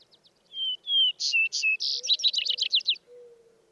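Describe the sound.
Vesper sparrow song: two slurred whistles, then louder higher notes, then a rapid jumbled trill; a faint low tone runs beneath and after.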